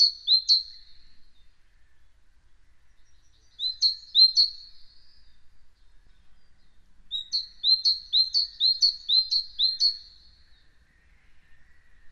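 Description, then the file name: Great tit song: clear, high two-note phrases repeated rapidly in three bursts, the last burst the longest, with a quiet pause between each. "Parus major"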